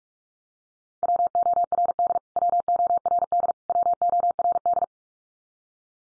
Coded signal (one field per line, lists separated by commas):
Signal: Morse code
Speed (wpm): 44 wpm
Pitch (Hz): 700 Hz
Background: none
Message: WORD WORD WORD